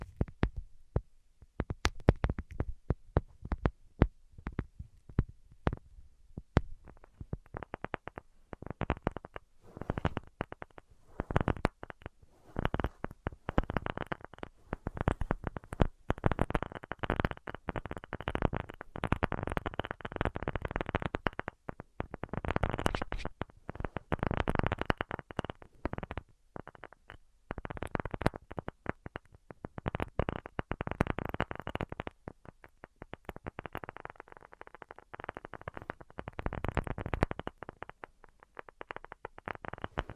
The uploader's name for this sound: Tapping Tingle Immunity Treatment (No Talking)